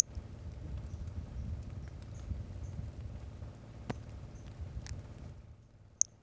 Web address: 2018 Brachycephalus albolineatus individual 06 example 01 unvouchered